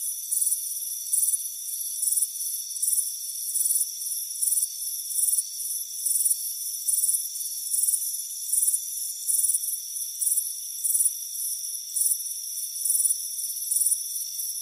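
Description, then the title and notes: Cricket chirping: rapid, high pulsed trills repeating steadily throughout, with a continuous shrill background drone. Crickets chirping on a warm afternoon by a front porch. "Soothing Crickets Chirping Sound. It's a warm afternoon as you relax in a hammock on the front porch. Relax and fall asleep to the soothing sound of chirping crickets. Deep Sleep Sounds"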